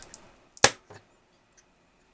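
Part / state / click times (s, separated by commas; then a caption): chip (notched end) into its socket on the computer board / seated / 0.6 s. A chip is lined up by its notched end and pressed into its socket on the board of a Commodore C16 home computer during a repair. A few faint ticks come first, then one loud, sharp snap at 0.6 s as the chip seats. A softer double knock follows near 0.9 s, and a tiny tick at about 1.6 s.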